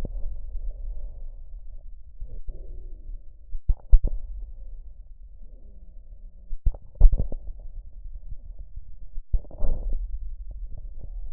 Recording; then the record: lung sounds by stethoscope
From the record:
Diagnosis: emphysema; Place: left posterior upper chest